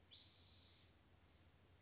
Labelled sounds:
Spotted Towhee
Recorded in Sonoma County, California

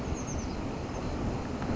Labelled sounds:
Oak Titmouse
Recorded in Sonoma County, California

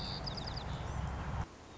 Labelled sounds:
White-crowned Sparrow
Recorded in Sonoma County, California

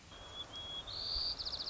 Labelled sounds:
White-crowned Sparrow
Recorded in Sonoma County, California

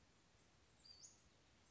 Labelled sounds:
Western Flycatcher
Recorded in Sonoma County, California

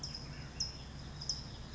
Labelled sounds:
California Towhee
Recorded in Sonoma County, California

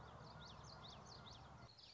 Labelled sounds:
Common Yellowthroat
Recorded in Sonoma County, California

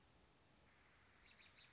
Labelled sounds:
American Robin
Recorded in Sonoma County, California

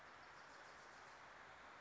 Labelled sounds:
Wilson's Warbler
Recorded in Sonoma County, California

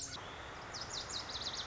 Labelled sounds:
Lazuli Bunting
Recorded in Sonoma County, California

